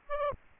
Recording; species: mosquito wingbeat signal from an infrared sensor; Aedes aegypti